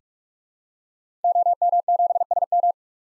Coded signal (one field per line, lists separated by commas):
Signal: Morse code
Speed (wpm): 43 wpm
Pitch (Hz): 700 Hz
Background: none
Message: OM7SM